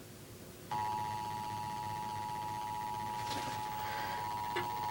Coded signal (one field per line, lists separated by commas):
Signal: Emergency Alert System (SAME) tones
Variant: 853 and 960 Hz attention tone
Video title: EAS